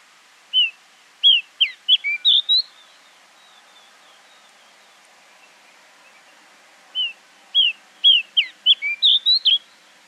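Bushchat song: two brisk phrases of bright whistled notes, separated by a few seconds of near silence.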